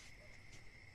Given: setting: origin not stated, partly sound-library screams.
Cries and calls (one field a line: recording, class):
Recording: one-second piece from a danger detection set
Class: normal situation